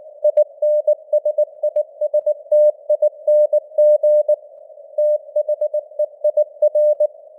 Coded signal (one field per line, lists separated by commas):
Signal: Morse code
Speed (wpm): 19 wpm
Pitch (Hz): 600 Hz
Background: none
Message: INSISTING THEIR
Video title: Morse Code News | 2025-11-03 | 19wpm